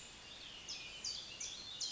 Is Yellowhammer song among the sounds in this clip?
no